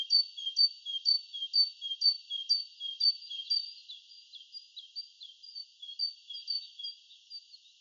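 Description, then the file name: Great tit repeating crisp two-note phrases about twice a second, the pattern shifting midway to slurred notes. "Parus major"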